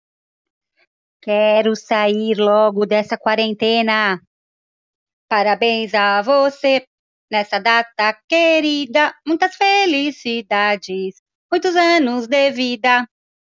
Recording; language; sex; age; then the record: short text; Brazilian Portuguese; female; 40 to 49 years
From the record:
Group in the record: control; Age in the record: 47 years